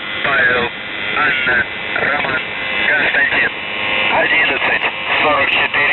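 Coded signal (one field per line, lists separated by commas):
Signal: numbers station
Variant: UVB-76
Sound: a single voice reading words over a noisy shortwave channel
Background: radio static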